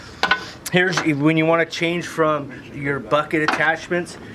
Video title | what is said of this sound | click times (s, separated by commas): How to Operate a Bobcat Skid Steer Tractor | This one, you just push and it pops into place. | 0.2 s